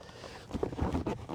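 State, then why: Seated. A vehicle seat belt holding a child car seat in a Jeep Gladiator is pulled all the way out and fed back in, and its retractor switches into locking mode. Over a quiet, low background, ratcheting clicks come at 0.6 s, 1.1 s and 1.3 s. The belt is locked.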